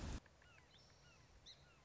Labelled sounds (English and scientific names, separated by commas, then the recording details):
Song Sparrow (Melospiza melodia)
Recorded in Sonoma County, California